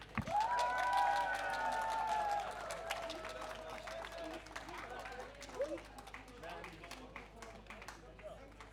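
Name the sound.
crowd applause and cheering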